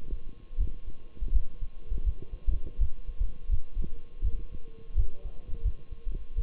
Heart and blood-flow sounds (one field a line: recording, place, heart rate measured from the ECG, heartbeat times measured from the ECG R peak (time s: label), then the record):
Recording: heart sounds by stethoscope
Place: between the tricuspid and mitral areas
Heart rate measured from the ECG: 83 bpm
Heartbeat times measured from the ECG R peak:
0.59 s: heartbeat
1.34 s: heartbeat
2.05 s: heartbeat
2.80 s: heartbeat
3.51 s: heartbeat
4.23 s: heartbeat
4.97 s: heartbeat
5.64 s: heartbeat
6.37 s: heartbeat
From the record:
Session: Bruce protocol treadmill stress test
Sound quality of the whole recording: partially saturated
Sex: male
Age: 23 years